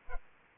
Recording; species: mosquito wingbeat signal from an infrared sensor; Aedes aegypti